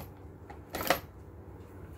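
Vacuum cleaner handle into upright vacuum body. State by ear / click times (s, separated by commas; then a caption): seated / 0.9 s. A plastic handle is pushed into the upright body of a Bissell CleanView Swivel Pet vacuum during assembly. A faint tap at 0.5 s is followed by a short scraping push from about 0.75 s, then a sharp snap at 0.9 s as the handle clicks into place. After that only quiet background remains.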